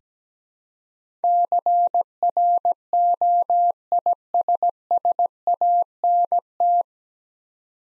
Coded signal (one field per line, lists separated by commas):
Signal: Morse code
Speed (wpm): 17 wpm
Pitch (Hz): 700 Hz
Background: none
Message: CROISSANT